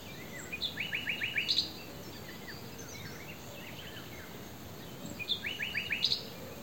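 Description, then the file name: Common nightingale song: two short phrases, each a whistled lead-in then a fast run of repeated chirping notes, a few seconds apart, over steady faint background hiss. "Luscinia megarhynchos"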